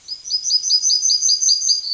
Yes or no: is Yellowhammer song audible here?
yes